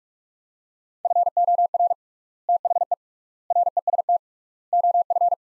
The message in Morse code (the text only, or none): FOR THE REST OF